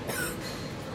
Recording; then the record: coughing mixed with background sound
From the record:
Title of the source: 30 Chesty and wet cough